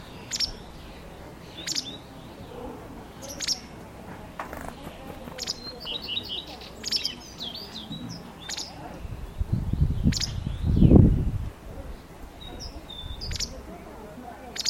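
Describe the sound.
Bird calls: high chirps every second or two and brief twittering, interrupted by a loud low rumble in the second half.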